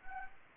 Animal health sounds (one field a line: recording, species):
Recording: mosquito wingbeat signal from an infrared sensor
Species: Anopheles gambiae